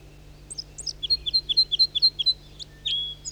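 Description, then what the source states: Red crossbill: a rapid series of clipped high notes, with a few scattered chips before and after, over a low steady hum. Red crossbill, possibly the same one recorded 2 minutes earlier; another male flies in to join the one that is singing.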